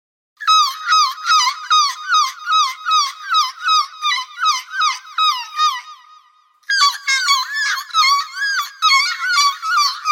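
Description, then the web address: Gull calling in fast, steady, nasal yelping notes, a brief fading lull near the middle, then a denser burst of overlapping squealing calls. "seagulls"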